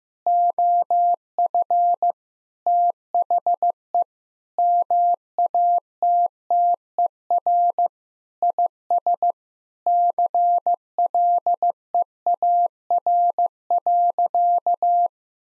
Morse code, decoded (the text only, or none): OF THE MATTER IS CLEAR.